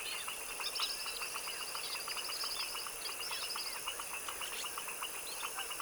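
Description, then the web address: Dense frog chorus of quick clicking pulses, with higher twittering notes weaving through and a steady high hum behind. Tropical wetland swamp in the evening at dusk; chorus of foaming frogs. "Sonniss - GDC 2017-Game Audio Bundle Articulated Sounds - Tropical Ambiences TROPICAL Wetland swamp evening foaming frog dusk chorus"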